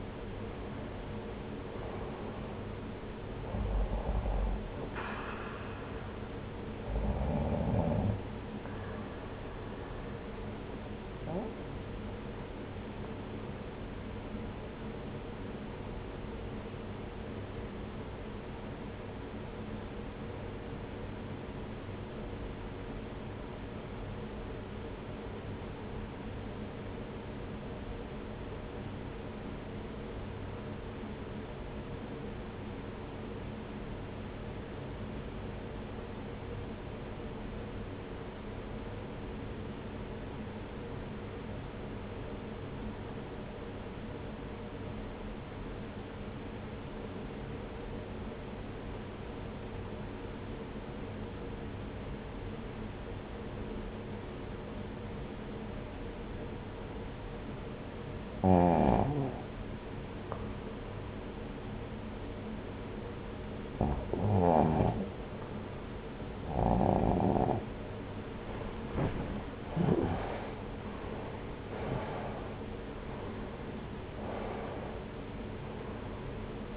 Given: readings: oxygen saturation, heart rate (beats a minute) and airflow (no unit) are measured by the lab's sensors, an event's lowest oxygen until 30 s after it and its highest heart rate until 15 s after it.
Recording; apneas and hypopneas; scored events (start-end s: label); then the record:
breathing in sleep by a voice recorder at the bedside; 1
17.00-68.80 s: obstructive apnea (REM, oxygen 96% highest, then 80% lowest)
60.00-76.77 s: new sleep stage, N1 (lightest sleep)
From the record:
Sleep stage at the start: REM sleep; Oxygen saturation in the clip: 82 to 96%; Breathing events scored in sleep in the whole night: 303 in 8.1 hours asleep